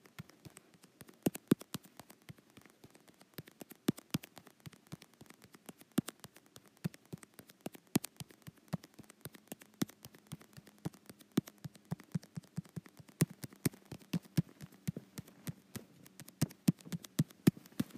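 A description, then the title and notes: Fingertips tap and click on a touch screen in quick, uneven bursts, several sharp taps every second throughout. The taps are crisp and bright, some louder than others, over a soft low hum that rises slightly around the middle. ASMR Touch Screen.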